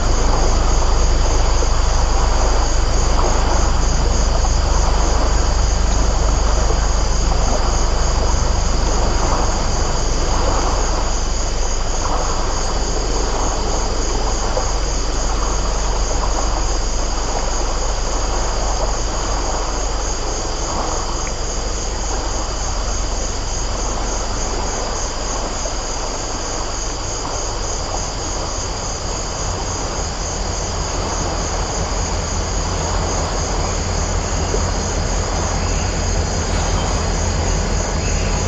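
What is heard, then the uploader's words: A tide pool and mussel bed at Short Sand Beach on the Oregon coast, full of a dense, steady crackling and fizzing like tiny pops. Thin high hissing tones hold throughout, over a constant low rumble of water, with no break in the texture. Oregon coast ,Short Sand Beach tide pool and mussle bed… mussels releasing pressure, water, air?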